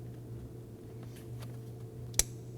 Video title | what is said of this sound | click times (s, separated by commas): How to Replace Intake Manifold 2015-2020 Ford F-150 2.7L V6 | You can hear and feel it click into place. | 2.2 s